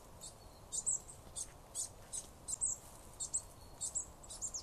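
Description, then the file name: Marsh tit giving brief, high-pitched call notes, some in close pairs, spaced irregularly against faint background noise. "Poecile palustris"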